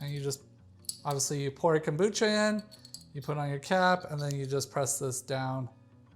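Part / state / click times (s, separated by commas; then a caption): swing-top cap on glass bottle / not seated / none. Someone talks while handling a swing-top cap on a thick glass kombucha bottle, putting the cap on and getting ready to press the wire lever down. Faint clinks of the bottle and cap are heard under the talking. Nothing has seated or clicked yet; the clip ends before the cap locks.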